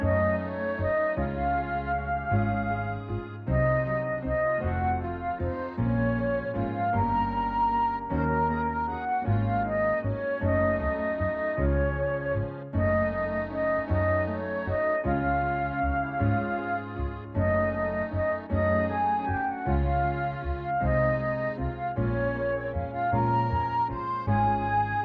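Soundtrack music with sustained chords over a heavy, pulsing low bass, holding a steady level and shifting chords every few seconds throughout.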